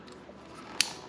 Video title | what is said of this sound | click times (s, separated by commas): Coober LM & Decat Mid Pipe Install on the 2025 Norden 901 Expedition | That one clicked. That one clicks, yeah. | 0.8 s